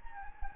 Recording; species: mosquito wingbeat signal from an infrared sensor; Anopheles gambiae